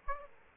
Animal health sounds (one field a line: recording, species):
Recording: mosquito wingbeat signal from an infrared sensor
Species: Aedes aegypti